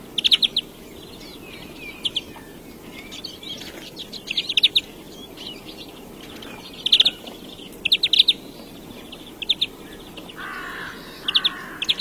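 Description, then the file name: European greenfinch song: short bursts of rapid twittering notes recur every second or two, with two lower notes near the end over faint background hiss. "canto do verdelhao"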